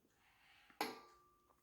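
On a Volvo 650HP race engine, the crankshaft is turned back with the timing locking pin pushed fully into the block until the crankshaft bears against the steel pin. Over a quiet background, a sharp metallic knock lands at 0.8 s and leaves a ringing tone that fades over about half a second, followed by a faint tap near 1.5 s. The crankshaft is seated against the timing pin at 0.8 s.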